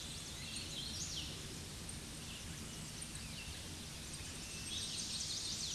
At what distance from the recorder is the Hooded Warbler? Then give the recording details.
about 30 m. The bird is about level with the microphone. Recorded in a Pennsylvania forest on 16 May 2024 at 07:50. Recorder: AudioMoth, point MSD-1482. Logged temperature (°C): 15.6 °C. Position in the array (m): 155 m, 118 m